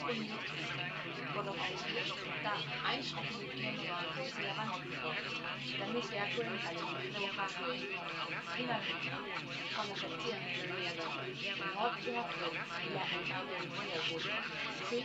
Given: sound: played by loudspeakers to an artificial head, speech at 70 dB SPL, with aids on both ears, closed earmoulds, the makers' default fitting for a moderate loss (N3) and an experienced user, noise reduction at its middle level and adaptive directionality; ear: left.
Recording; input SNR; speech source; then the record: speech test signal (ISTS) in cocktail-party noise; -3 dB; on the right (90 degrees)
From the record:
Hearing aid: class 1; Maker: F